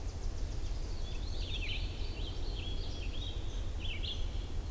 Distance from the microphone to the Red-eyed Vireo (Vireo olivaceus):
about 25 m